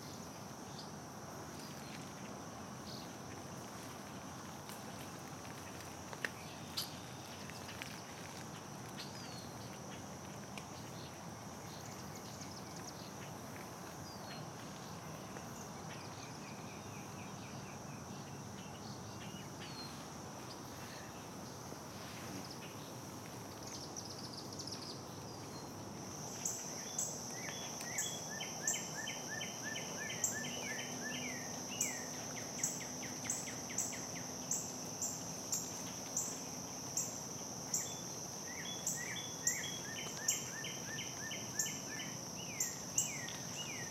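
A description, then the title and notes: Dusk at a marsh: a steady high insect whine over soft low murmur, with repeated chirping bird calls and sharper clicks after midway. Dusk Soundwalk at Dyke Marsh. 30+ seconds at 7 stops (and at end) at Dyke Marsh Wildlife Preserve (a unit of the NPS George Washington Memorial Parkway) along the dusk Soundwalk event celebrating World Listening Day. With iPhone 6, using a RODE app, edited and mixed in Adobe Audition.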